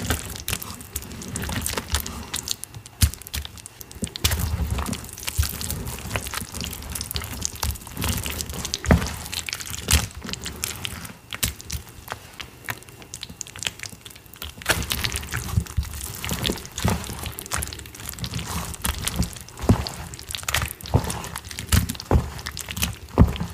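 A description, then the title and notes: Watermelon ASMR: a dense run of wet crunching and crisp crinkly bites, with rapid, irregular clicks and snaps throughout. The texture stays busy and bright for the whole stretch, with heavier thumps early on and a few sharper cracks near the end. Watermelon ASMR.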